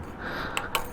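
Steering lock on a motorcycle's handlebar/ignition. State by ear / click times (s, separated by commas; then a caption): seated / 0.8 s. The steering lock on a Harley Davidson Street 500 motorcycle's handlebar and ignition is engaged by lining up the handlebars with a gap and pushing the key or lock downwards, not forwards. A smaller tick at 0.6 s precedes one sharp click at 0.8 s, with faint background noise throughout. The lock seats and clicks into place.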